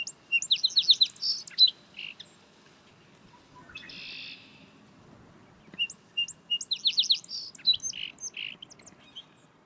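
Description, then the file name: Song Sparrow giving two songs, each with a few opening notes, a fast trill and varied chips, and a brief noise in the quiet gap between them. "Song Sparrow Melospiza melodia"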